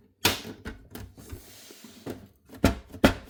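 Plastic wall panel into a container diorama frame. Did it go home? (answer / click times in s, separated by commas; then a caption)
yes / 3.0 s. A plastic wall panel is pressed by hand into a Moreart Initial D container diorama frame for diecast cars, with several sharp plastic knocks and clacks along the way. The panel snaps into place with a firm click at 3.1 s, seated.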